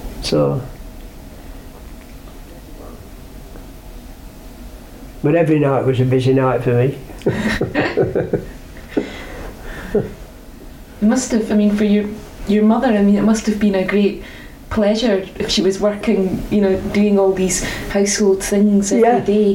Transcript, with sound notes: So-- But every night was a busy night for me! [laughs]
It must've, I mean for your mother, I mean, it must've been a great pleasure if she was working, you know, doing all these household things every day.